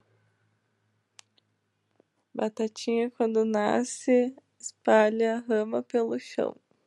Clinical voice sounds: short text; Brazilian Portuguese; female; 20 to 29 years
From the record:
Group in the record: control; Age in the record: 23 years

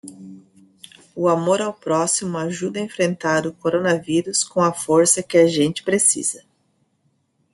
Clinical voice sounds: spoken sentence; Brazilian Portuguese; female; 40 to 49 years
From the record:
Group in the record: control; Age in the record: 45 years

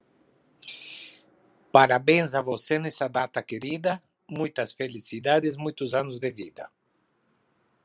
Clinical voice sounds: short text; Brazilian Portuguese; male; 70 to 79 years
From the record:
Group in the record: control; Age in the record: 71 years

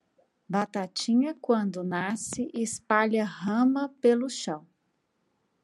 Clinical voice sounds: short text; Brazilian Portuguese; female; 40 to 49 years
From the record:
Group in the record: control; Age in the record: 43 years

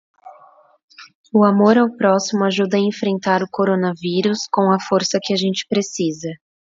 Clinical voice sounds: spoken sentence; Brazilian Portuguese; female; 30 to 39 years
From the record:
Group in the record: control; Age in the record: 34 years

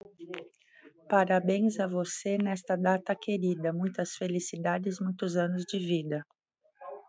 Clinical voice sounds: short text; Brazilian Portuguese; female; 40 to 49 years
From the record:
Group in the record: control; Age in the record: 47 years

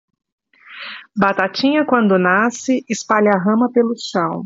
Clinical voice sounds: short text; Brazilian Portuguese; female; 40 to 49 years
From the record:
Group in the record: control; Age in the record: 47 years

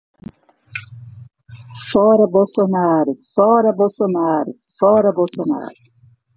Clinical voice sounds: spoken sentence; Brazilian Portuguese; female; 50 to 59 years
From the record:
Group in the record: control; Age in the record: 53 years

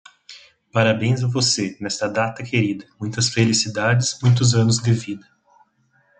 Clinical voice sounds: short text; Brazilian Portuguese; male; 20 to 29 years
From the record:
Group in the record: control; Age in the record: 21 years

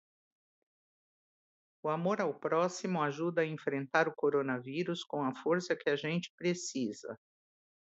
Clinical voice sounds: spoken sentence; Brazilian Portuguese; female; 60 to 69 years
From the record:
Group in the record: control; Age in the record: 64 years

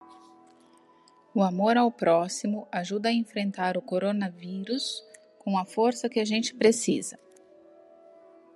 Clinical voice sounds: spoken sentence; Brazilian Portuguese; female; 40 to 49 years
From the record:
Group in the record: control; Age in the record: 45 years

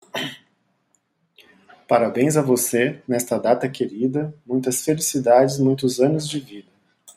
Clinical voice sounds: short text; Brazilian Portuguese; male; 40 to 49 years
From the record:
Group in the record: control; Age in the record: 41 years

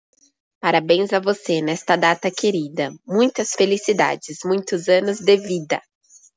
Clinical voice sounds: short text; Brazilian Portuguese; female; 20 to 29 years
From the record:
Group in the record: control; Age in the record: 29 years

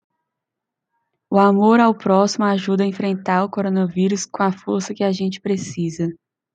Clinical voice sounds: spoken sentence; Brazilian Portuguese; female; 20 to 29 years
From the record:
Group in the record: control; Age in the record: 27 years

